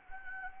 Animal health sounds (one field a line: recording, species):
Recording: mosquito wingbeat signal from an infrared sensor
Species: Anopheles gambiae